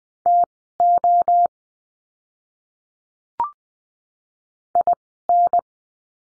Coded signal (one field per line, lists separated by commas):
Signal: Morse code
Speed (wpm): 20 wpm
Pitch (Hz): 700 Hz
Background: none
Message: TO IN